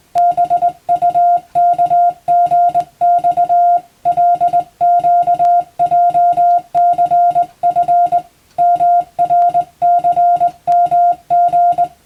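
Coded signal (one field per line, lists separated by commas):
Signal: Morse code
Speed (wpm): 20 wpm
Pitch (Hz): 700 Hz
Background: music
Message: BUKGX LQJCF MRCMG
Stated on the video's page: Morse code practice for the Japanese radiotelegraph operator exam.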